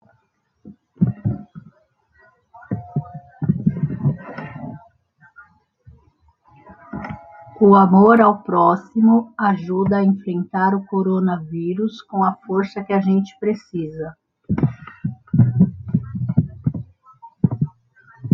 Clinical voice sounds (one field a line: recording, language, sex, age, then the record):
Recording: spoken sentence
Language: Brazilian Portuguese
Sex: female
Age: 40 to 49 years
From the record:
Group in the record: control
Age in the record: 48 years